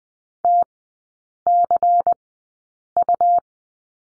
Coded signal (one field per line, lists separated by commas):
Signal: Morse code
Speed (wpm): 20 wpm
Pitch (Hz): 700 Hz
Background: none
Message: TCU